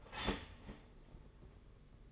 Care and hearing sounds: daily activity, microphone in the room; start toaster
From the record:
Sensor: 4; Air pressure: 992.4 hPa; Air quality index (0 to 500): 143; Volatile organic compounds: 81 ppm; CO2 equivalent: 3612 ppm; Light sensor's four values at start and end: 18/62/22/23 and 18/61/22/23

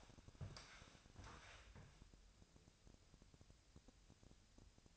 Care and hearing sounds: daily activity, microphone in the room; walk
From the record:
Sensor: 2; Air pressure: 1000.3 hPa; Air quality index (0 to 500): 164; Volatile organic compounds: 3 ppm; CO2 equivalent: 1368 ppm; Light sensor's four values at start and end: 14/37/14/16 and 14/37/14/16

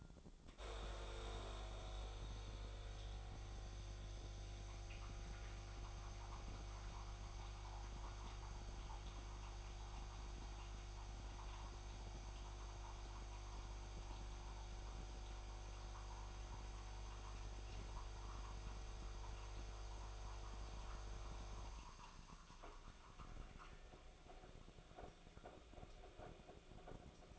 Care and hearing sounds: daily activity, microphone in the room; make coffee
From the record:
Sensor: 5

